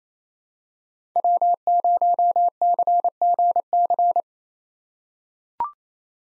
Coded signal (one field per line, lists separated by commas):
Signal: Morse code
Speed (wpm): 28 wpm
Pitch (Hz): 700 Hz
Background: none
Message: W0CGC